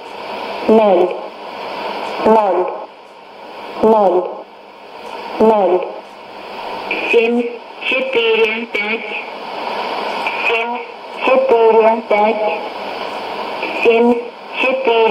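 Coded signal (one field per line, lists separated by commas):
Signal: numbers station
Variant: S06s Russian Lady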